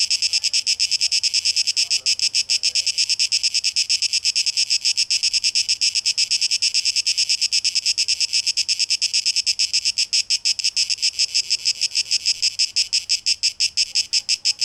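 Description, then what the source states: Cicada song, a shimmering high buzz pulsing quickly, with pulses growing sharper and more separated toward the end. Tape echo mix; 12 August 2023.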